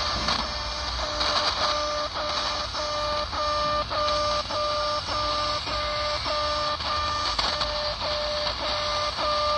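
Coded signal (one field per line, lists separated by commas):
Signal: channel marker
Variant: The Alarm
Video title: SW DX "The Alarm" - Russian military commandment network communication, reception in Sofia, Bulgaria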